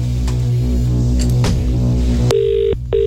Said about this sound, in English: Is it going to be your phone that rings?